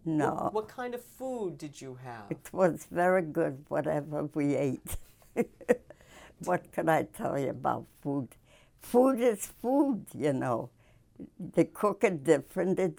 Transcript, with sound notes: No.
What kind of food did you have?
It was very good whatever we ate. (she laughs) What can I tell you about food? Food is food, you know. They cook it different.